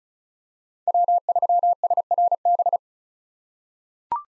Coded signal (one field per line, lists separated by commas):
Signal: Morse code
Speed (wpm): 34 wpm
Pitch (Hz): 700 Hz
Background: none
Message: W3SRB